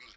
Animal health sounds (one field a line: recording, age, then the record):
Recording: pig call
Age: piglet (1 to 25 days)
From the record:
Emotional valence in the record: positive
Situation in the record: short reunion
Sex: female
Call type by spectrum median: high-frequency call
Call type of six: low-frequency tonal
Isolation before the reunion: 3 minutes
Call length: 0.16 s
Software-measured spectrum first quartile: 1831 Hz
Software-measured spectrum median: 2817 Hz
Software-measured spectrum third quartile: 4314 Hz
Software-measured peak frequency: 2202 Hz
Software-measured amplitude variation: 91 dB a second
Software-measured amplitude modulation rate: 15.4 a second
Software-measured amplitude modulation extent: 5.9 dB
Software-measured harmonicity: 0.9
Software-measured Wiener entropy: -1.16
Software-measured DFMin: 944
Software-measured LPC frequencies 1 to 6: 1209, 2174, 3200, 4064, 4803, 5413 Hz